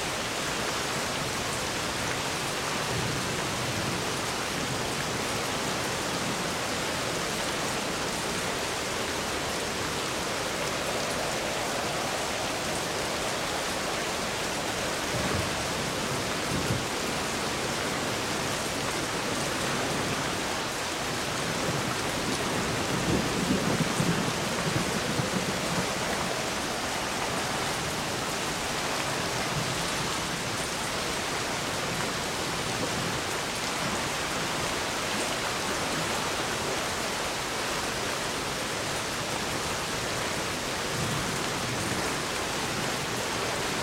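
A thunderstorm with steady, dense rainfall hissing evenly across the whole clip. Low rumbles of thunder swell faintly, most noticeably around the middle, near twenty-five seconds, while the downpour stays constant.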